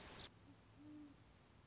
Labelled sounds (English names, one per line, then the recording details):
Great Horned Owl
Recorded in Sonoma County, California